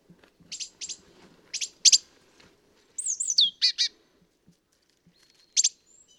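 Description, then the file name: Great tit calling with rasping chattering bursts, one looping descending whistle-like note, and further harsh scolding notes, over faint low background rustle. "Mesange charbonniere cris"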